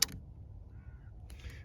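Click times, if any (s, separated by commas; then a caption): 0.0 s. A Oneleaf Commander NV 100 night vision add-on, slid over a rifle day scope's eyepiece, is twisted one-handed until its latch engages with a sharp click at 0.0 s, followed by a softer tick. A faint tone follows, then light clicking and rattling handling sounds near 1.3 to 1.5 s. The add-on is latched and seated on the scope.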